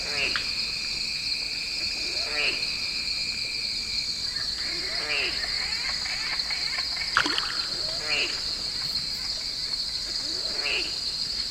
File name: Glider Squirrel SD 561 Twelve Mile Camp One Night 2 a 3 rd Sep 18